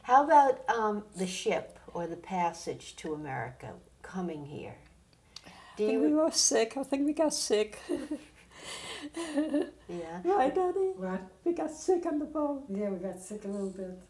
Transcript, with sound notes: How about the ship, or the passage to America, coming here? Do you —
We were all sick. I think we got sick. [Laughs] Right, Dottie?
What?
We got sick on the boat.
Yeah, we got sick a little bit.